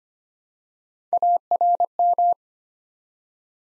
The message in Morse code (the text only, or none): ARM